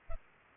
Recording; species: mosquito wingbeat signal from an infrared sensor; Culex pipiens